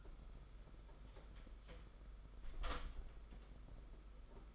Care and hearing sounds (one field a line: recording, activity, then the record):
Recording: daily activity, microphone in the room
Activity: close door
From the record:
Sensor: 5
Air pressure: 991.8 hPa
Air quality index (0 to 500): 133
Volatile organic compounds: 80 ppm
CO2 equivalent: 3610 ppm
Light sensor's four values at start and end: 33/110/41/44 and 33/110/41/44